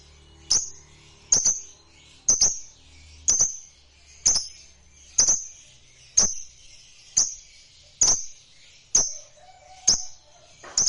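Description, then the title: Lovebird chirps, sharp clicking high notes repeated about once a second in a fairly steady rhythm, with a faint whistle near the end. A lovebird that is reluctant to sing, made to sing spontaneously and with intensity. "LOVEBIRD Malas Bunyi JADI GREGET SPONTAN Langsung NARIK"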